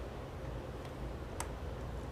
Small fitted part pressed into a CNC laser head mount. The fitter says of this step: you hear it kind of pop in